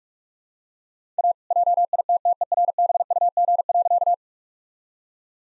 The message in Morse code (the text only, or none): A JITTERBUG.